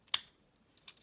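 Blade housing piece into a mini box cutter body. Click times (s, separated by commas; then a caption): 0.1 s. The plastic blade housing piece of a Slice $10 ceramic-blade mini box cutter, fitted after the ceramic blade was flipped and slid in, is pressed back into the cutter body. It seats with a sharp, loud click at 0.1 s, followed by a few fainter ticks near 0.9 and 1.0 s. It is not a huge click, but the housing is back in place and everything has realigned.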